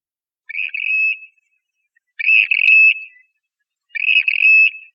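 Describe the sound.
Western grebe calls: three harsh, grating whistled notes, each just under a second long.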